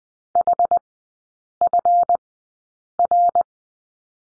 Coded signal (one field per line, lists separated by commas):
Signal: Morse code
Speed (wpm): 20 wpm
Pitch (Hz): 700 Hz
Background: none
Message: HFR